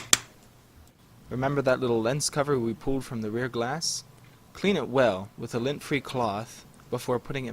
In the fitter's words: hook its little hooks underneath the frame and it should snap in.